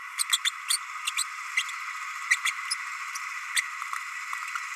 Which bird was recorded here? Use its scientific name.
Forpus passerinus